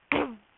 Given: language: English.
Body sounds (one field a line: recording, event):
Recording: throat vibration sensor signal played as sound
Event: throat clearing